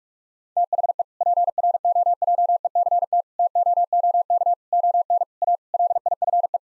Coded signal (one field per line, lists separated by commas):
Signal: Morse code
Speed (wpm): 46 wpm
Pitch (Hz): 700 Hz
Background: none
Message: THE PROJECT TOOK ON A LIFE